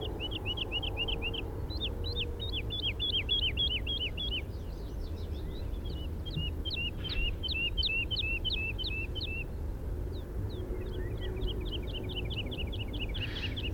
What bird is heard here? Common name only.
Wood Lark